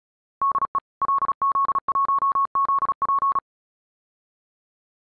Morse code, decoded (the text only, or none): DE LZ1ZP